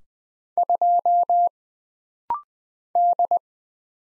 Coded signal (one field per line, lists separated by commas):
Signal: Morse code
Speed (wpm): 20 wpm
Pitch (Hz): 700 Hz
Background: none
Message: 2 D